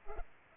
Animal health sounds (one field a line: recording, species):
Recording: mosquito wingbeat signal from an infrared sensor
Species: Culex pipiens